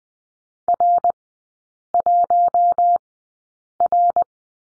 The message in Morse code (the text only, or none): R1R